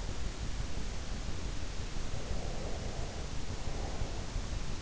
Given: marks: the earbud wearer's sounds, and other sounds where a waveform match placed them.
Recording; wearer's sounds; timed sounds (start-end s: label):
sounds in sleep by an in-ear microphone; breath
2.21-4.27 s: breath